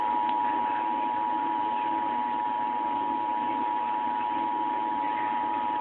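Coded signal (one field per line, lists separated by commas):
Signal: Emergency Alert System (SAME) tones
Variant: 853 and 960 Hz attention tone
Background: speech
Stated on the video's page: EAS alert from a Comcast cable system in a different state.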